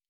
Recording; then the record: hydrophone in a shrimp aquaculture tank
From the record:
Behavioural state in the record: normal